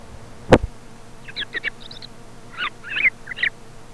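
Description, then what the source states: Thrush singing a quick run of scratchy, chattering notes after a single sharp click, with a constant low hum underneath. Commercial lure recording, sold by a company from Càlig, for parany bird trapping.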